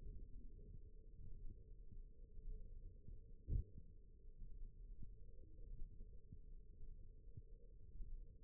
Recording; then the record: forearm muscle sounds (acoustic myography)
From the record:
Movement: thumb flexion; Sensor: system 1, eight BSWA MPA416 microphones around the upper forearm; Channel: 2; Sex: female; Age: 21 years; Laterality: right